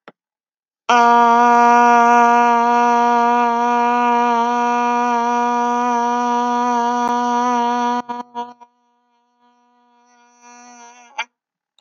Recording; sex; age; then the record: vowel held as long as possible; female; 30 to 39 years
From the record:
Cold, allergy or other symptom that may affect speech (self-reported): no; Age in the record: 36 years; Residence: Maryland, United States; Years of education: 19